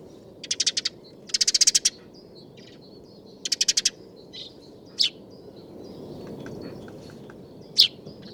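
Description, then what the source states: House sparrow song: bursts of rapid, harsh chirps in quick runs, followed by single sharp chirps, against a low rumbling background. Two house sparrows singing and displaying on nest boxes under the eaves at a small farmyard in winter, Sweden.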